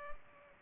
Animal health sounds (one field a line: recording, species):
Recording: mosquito wingbeat signal from an infrared sensor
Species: Culex pipiens